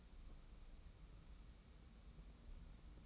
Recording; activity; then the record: daily activity, microphone in the room; take from stove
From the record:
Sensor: 1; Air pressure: 994.5 hPa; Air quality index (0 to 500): 231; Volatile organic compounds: 1000 ppm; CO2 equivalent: 8310 ppm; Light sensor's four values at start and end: 145/331/148/162 and 145/331/148/162